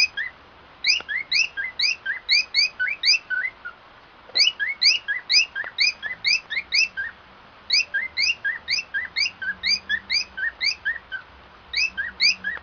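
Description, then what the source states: Cockatiel singing rapid chirpy notes that rise sharply, delivered in runs separated by short pauses. White-faced variety cockatiel song.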